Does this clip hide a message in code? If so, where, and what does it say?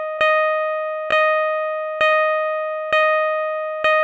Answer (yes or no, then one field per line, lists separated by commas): no